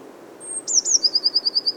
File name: Cyanistes caeruleus